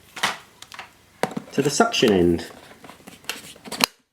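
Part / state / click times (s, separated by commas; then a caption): extension tube onto vacuum suction end / seated / 3.8 s. Someone talks while handling the telescopic extension tube of a Miele S164 Quickstep upright stick vacuum cleaner, with light plastic knocks and scrapes as it is pushed onto the vacuum's suction end. It seats with a sharp click at 3.8 s.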